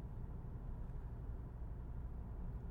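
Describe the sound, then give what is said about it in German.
A steady, low rumbling drone inside a car driving on a road toward Emden, Germany, behind a semi-trailer truck, on a return trip from a holiday in Norddeich; constant in level with no voices, an even road-and-engine hum concentrated in the deep bass. “Ich bin auf der Rückreise mit dem Auto aus unserem Urlaub in Norddeich und fahre die, keine Ahnung was, Straße nach Emden, um dort in der Ecke auf die Autobahn zu kommen.”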